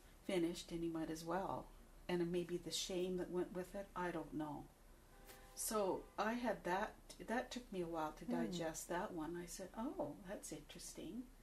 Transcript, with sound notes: finished and he might as well and maybe the same that went with it. I don't know. (car horn) So I had that -- that took me a while to digest that one. I said, oh that's interesting.